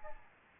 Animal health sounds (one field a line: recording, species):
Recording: mosquito wingbeat signal from an infrared sensor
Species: Aedes albopictus